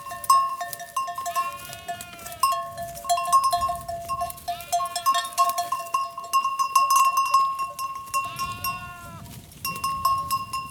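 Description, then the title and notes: Sheep give three drawn-out wavering bleats a few seconds apart, while a chorus of clinking bells rings continuously beneath them. A flock of sheep at Coleja, Portugal, along the Douro River, recorded for a sound map of the river. "Rebanho de ovelhas, Coleja, Portugal. Mapa Sonoro do rio Douro. Sheeps herd in Coleja, Portugal. Douro River Sound Map"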